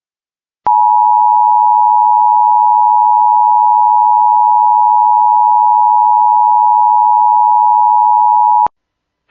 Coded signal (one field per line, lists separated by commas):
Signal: Emergency Alert System (SAME) tones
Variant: 853 and 960 Hz attention tone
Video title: SVR (EAS 110)